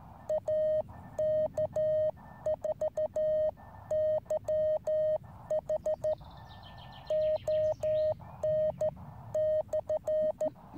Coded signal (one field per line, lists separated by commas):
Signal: Morse code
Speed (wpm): 13 wpm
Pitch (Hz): 620 Hz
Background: none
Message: AK4YH ON/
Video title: Radio Operations Interrupted by Soccer World Cup Win.